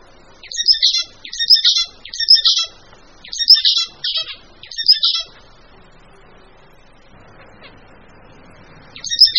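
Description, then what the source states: Bird song as a series of high, fast twittering bursts repeated about once a second, then a pause before another burst begins. Mixed birds.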